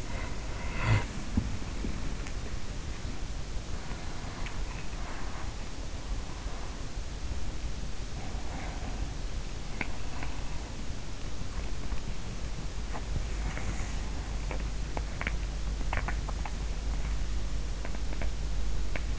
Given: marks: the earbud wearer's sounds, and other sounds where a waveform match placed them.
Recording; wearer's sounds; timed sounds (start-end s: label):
sounds in sleep by an in-ear microphone; snoring breath, body movement, breath, teeth grinding
0.00-2.25 s: snoring breath
1.32-8.93 s: body movement
3.50-5.51 s: breath
7.72-10.31 s: breath
9.45-19.19 s: body movement
14.90-16.94 s: teeth grinding